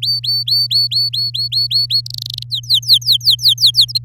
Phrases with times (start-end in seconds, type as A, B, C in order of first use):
0.02-2.01 A, 2.06-2.43 B, 2.50-3.98 C